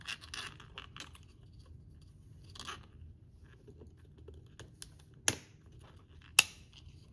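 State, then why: Seated. A 3D-printed plastic retaining clip is pushed into the second printed plastic wall of a 3D-printed watch cleaning machine. Soft scraping and rustling handling sounds come first, then two loud, sharp snaps at 5.3 s and 6.4 s as the clip is pushed home. The clip is locked into place, securing the wall.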